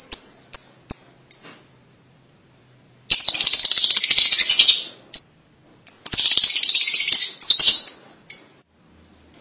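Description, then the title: Lovebird calling: a few sharp high chirps, a pause, then two long stretches of rapid buzzy chattering with clipped chirps between. "BM Suara Burung Lovebird"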